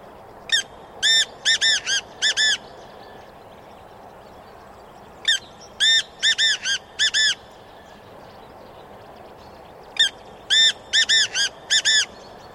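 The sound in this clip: Bird calling in three bursts of harsh, nasal, ringing squawks, spaced about five seconds apart. Each burst has a short opening note then four or five longer notes, over steady hiss.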